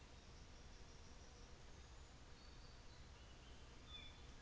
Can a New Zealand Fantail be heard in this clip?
no